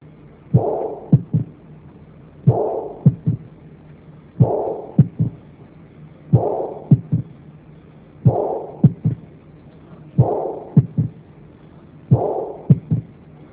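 Adult heart heard by stethoscope: a mid-systolic murmur with a third heart sound.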